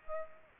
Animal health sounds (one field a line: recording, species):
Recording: mosquito wingbeat signal from an infrared sensor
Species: Aedes aegypti